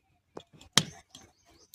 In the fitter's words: Okay ఇంకా lock అయిపోయింది.